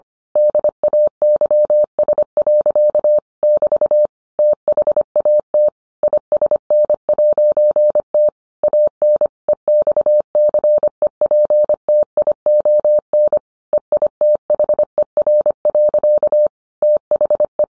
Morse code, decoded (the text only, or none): DAYS. <BT> THAT ISN'T AN EXCEPTION EITHER. THE